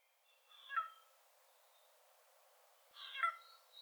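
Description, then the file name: Eurasian jay giving two harsh, raspy screeches about two and a half seconds apart, with a third beginning at the end. "Garrulus glandarius"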